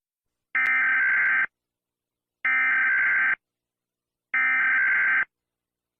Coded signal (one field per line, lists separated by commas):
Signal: Emergency Alert System (SAME) tones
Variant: header bursts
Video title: The End of The World An Eas Scenario